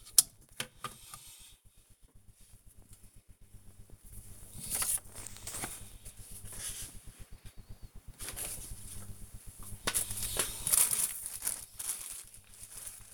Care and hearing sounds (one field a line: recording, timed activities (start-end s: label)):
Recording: household activities, microphone on the right wrist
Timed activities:
0.00-1.29 s: tidy up the cupboard
7.32-13.14 s: tidy up the cupboard